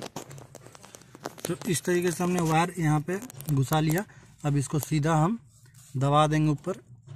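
A wire has been fed into a car display wiring connector in a Tata Tiago, and its plastic locking clip is about to be pressed upward. Someone talks throughout over light handling noise, with a few short ticks in the first 1.3 seconds. Nothing has seated or clicked yet; the clip has not locked.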